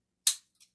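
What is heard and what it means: An Allen Pulse thumb release clipped by its prongs onto the string of a DIY bow release practice aid is drawn and triggered, and its jaws open with a single sharp, bright snap at 0.3 s that rings off quickly. A faint, brief high-pitched tick follows at about 0.6 s. The jaws let go of the string, and the release fires.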